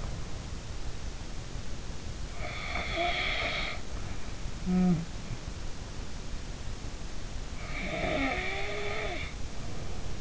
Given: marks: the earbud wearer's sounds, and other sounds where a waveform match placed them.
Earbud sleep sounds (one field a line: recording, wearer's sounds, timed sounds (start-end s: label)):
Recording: sounds in sleep by an in-ear microphone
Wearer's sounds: snoring breath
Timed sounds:
2.52-5.08 s: snoring breath
7.81-10.21 s: snoring breath